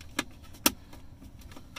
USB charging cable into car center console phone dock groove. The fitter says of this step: just snap right in and there it is so now when we take this